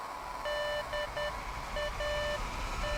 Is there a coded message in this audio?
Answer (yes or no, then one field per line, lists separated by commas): no